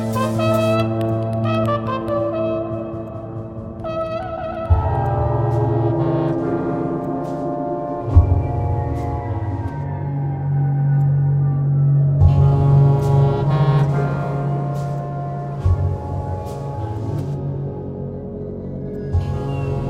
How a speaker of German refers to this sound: Auf dem Sund stöhnte unablässig ein Nebelhorn.